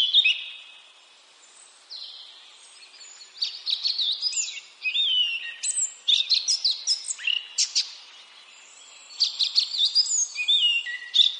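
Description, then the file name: Eurasian blackcap singing bursts of scratchy warbling and quick chirps, separated by short quiet pauses, ending in a louder flurry of notes. "Sylvia atricapilla"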